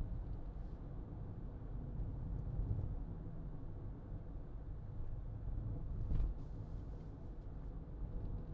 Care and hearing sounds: everyday scene through a hearing-aid microphone; in a vehicle; engine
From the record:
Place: Berlingo II, diesel engine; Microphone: in the ear canal, left

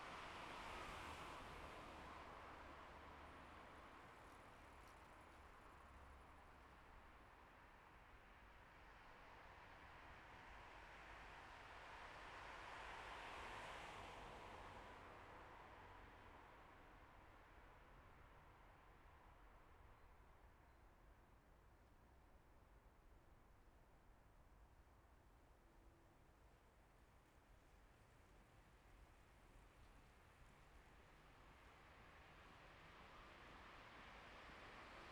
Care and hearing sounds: everyday scene through a hearing-aid microphone; in traffic; traffic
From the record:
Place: bus stop on a city main road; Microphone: behind the ear, left, rear

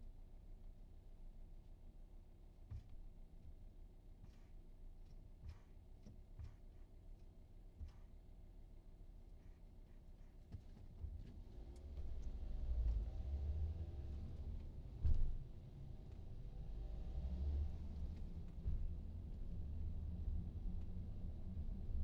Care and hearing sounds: everyday scene through a hearing-aid microphone; in a vehicle; engine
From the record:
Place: VW T5 Caravelle, diesel engine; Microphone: in the ear canal, right

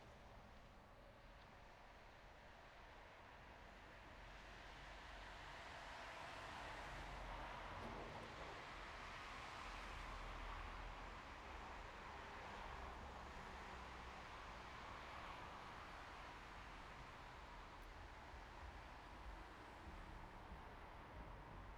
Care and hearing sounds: everyday scene through a hearing-aid microphone; in traffic; traffic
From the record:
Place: bus stop on a city main road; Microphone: behind the ear, right, front

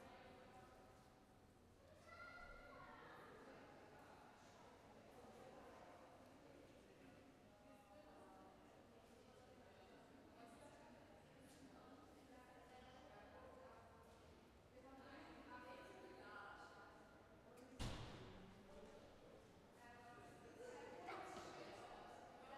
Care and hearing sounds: everyday scene through a hearing-aid microphone; reverberant space; background noise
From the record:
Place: railway station hall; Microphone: behind the ear, left, front

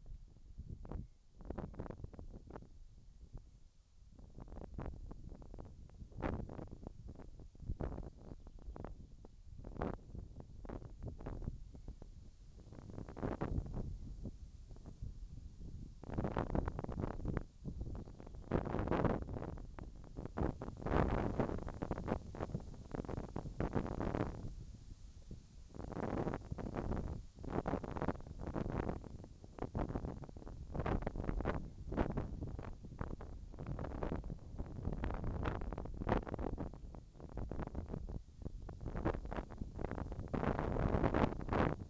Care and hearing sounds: everyday scene through a hearing-aid microphone; wind on the microphone; wind, whistling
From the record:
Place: in front of a rural house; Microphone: in the ear canal, left

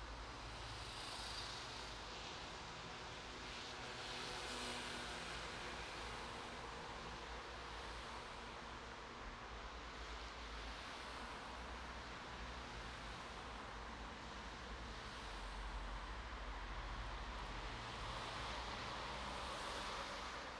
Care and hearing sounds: everyday scene through a hearing-aid microphone; in traffic; traffic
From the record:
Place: bus stop on a city main road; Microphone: in the ear canal, right

